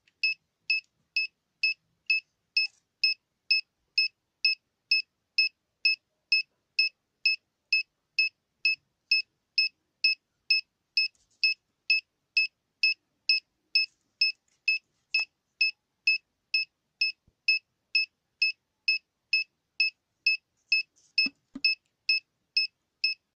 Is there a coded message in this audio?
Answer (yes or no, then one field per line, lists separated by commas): no